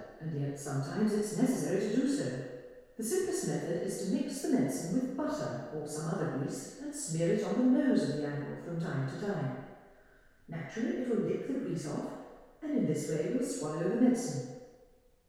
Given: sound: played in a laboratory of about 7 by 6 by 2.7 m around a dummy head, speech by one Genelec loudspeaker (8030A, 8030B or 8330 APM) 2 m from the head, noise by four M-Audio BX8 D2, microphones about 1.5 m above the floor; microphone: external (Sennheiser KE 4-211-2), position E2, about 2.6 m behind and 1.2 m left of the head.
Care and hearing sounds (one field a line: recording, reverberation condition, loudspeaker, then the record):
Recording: female speech in English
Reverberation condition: high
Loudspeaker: 90 degrees to the left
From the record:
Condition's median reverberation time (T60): about 1300 ms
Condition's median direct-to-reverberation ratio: about -4.0 dB